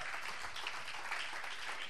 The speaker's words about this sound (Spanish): Si le va a dar el aplauso, déselo fuerte.